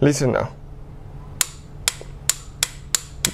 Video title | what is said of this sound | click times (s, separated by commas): SPARK PLUGS REPLACEMENT GAP TORQUE SPECS BMW E81 E82 E87 E88 | it's a clip type wrench you hear a click stop immediately guys listener | 1.4 s, 1.9 s, 2.3 s, 2.6 s, 2.9 s, 3.2 s